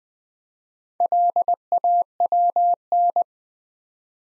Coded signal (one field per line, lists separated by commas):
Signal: Morse code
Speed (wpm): 20 wpm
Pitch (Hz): 700 Hz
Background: none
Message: LAWN